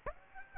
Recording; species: mosquito wingbeat signal from an infrared sensor; Aedes aegypti